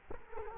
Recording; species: mosquito wingbeat signal from an infrared sensor; Culex quinquefasciatus